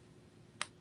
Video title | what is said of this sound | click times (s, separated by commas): Jewelry Deals Over $500 with Cheryl Briggs | You can hear it snap. | 0.6 s